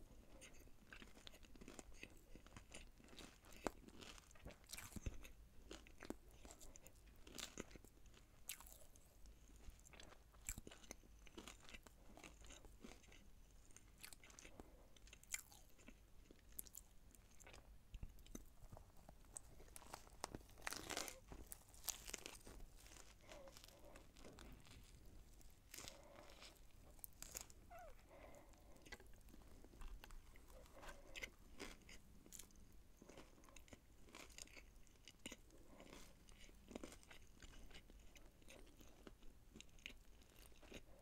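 Eating sounds: steady chewing and crunchy bites of fried food. Sharp crackling bites break through every few seconds, strongest around the 5, 15 and 21 second marks, between softer wet chewing.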